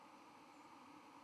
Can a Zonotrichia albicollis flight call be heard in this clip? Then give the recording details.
yes. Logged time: 06:03 on 31 October 2014